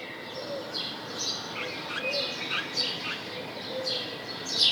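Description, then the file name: House sparrow chirps, short and scattered, mixed with a steady hiss of background noise. "Passer domesticus"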